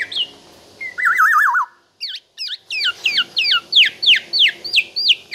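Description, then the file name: Black-naped oriole song: a rapidly wavering whistle, then a brief silence, followed by a quick series of sharp, clear notes. Singing vigorously (gacor), said to sing until exhausted. "BURUNG KEPODANG GACOR SAMPAI TELER"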